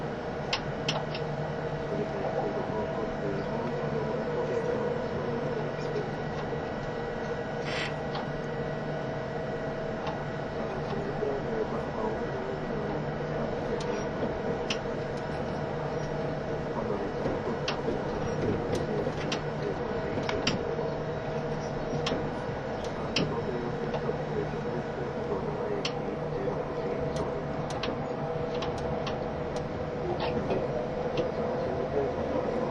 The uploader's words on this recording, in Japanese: E351系 Sあずさ18号03 八王子～新宿。全車引退したJR東日本唯一の振り子式車両であったE351系、速達運用だったSあずさを収録したものです。